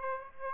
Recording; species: mosquito wingbeat signal from an infrared sensor; Aedes aegypti